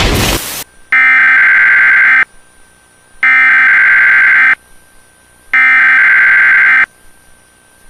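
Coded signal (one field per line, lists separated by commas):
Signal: Emergency Alert System (SAME) tones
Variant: header bursts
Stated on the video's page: Fictional scenario using valid EAS tones.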